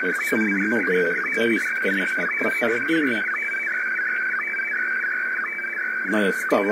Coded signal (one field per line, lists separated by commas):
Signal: SSTV (slow-scan television)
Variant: Scottie DX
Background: speech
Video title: Общий вызов SSTV на частоте 7165 кГц, на 5 и 100 ваттах, с контролем через немецкий WEB SDR